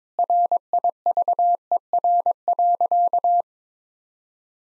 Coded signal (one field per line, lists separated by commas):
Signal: Morse code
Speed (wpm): 22 wpm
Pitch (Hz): 700 Hz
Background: none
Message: RIVER.